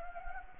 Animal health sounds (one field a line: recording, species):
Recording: mosquito wingbeat signal from an infrared sensor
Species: Anopheles gambiae